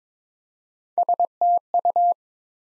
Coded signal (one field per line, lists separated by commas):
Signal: Morse code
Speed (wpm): 22 wpm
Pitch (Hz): 700 Hz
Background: none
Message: STU